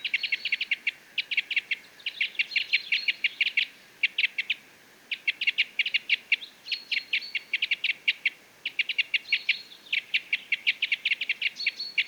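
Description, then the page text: Parrot crossbill calls: rapid bursts of short, hard chipping notes in loose runs, with a couple of brief pauses and a few thin tonal notes mixed in. "Jelmer Poelstra - Клёст-сосновик (Loxia pytyopsittacus)"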